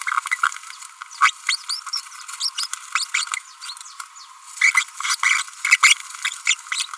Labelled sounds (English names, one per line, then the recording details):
Green-rumped Parrotlet babbling
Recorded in a nest box in Venezuela
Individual 18B25A3